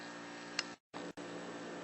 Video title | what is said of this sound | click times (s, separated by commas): Blade 200srx Rebuild | home, and it'll kind of lock into place, and you'll feel it when it's in the right spot | 0.6 s